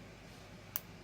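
A ball-style snap clasp on a handmade bracelet is pulled apart, resisting at first and then snapping open with a single sharp tick at 0.8 s. A steady fan-like hum runs underneath the whole clip. The clasp is released.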